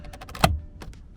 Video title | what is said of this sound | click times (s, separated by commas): Replacing the master window switch in my Land Cruiser 100 with an aftermarket one from Amazon | and snaps into place so | 0.4 s